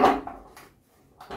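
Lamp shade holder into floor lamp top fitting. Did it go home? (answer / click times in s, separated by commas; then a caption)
no / none. The lamp tongue (shade holder) of a Tekzen three-legged bamboo tripod floor lamp's shade is handled and pushed toward its seat at the top fitting of the lamp. A loud rustling scrape opens the clip and fades, followed by light knocks and taps around 0.3 s, 0.6 s and 1.2 to 1.4 s. Nothing has seated or clicked into place yet.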